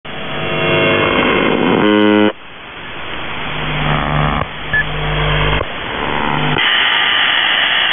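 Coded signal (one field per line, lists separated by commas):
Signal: channel marker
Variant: UVB-76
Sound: harsh buzzing tones in several segments of differing pitch, interrupted by static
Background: radio static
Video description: "The Buzzer" is a Russian military radiostation that broadcasts on 4625 kHz.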